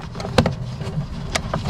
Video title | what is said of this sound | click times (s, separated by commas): Changer résistance de chauffage RENAULT KANGOO 1 | Voilà, donc là elle est bien clipsée, il n'y a pas de problème. | 0.4 s, 1.4 s